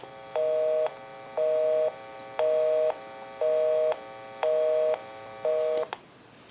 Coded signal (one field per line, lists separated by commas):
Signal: telephone call progress tone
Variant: North America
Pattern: busy tone